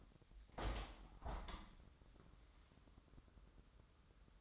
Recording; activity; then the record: daily activity, microphone in the room; open window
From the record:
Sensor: 3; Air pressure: 997.9 hPa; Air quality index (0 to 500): 145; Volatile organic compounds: 5 ppm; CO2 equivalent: 1735 ppm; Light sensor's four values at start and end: 15/43/17/16 and 15/42/17/16